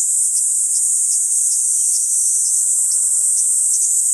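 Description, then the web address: Kaempfer cicada buzzing in a constant high shrill tone, with faint regular pulses. "ニイニイゼミ. arpla 自然音研究室"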